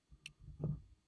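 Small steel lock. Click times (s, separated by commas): 0.3 s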